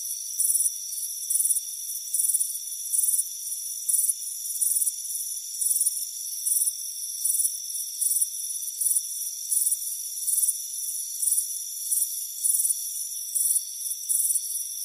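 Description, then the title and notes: Crickets chirp in repeated high bursts over a steady thin insect drone. Warm afternoon on a front porch. "Soothing Crickets Chirping Sound. It's a warm afternoon as you relax in a hammock on the front porch. Relax and fall asleep to the soothing sound of chirping crickets"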